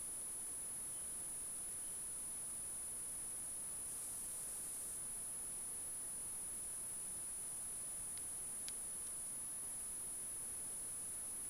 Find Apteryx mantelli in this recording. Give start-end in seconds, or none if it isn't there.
none